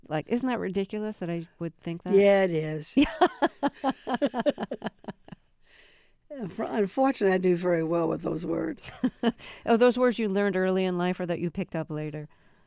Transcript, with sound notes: Like, isn't that ridiculous that I would think that?
Yeah it is.
(LAUGHTER)
Unfortunately, I do very well with those words.
(Laughter) Are those words you learned early in life or that you picked up later?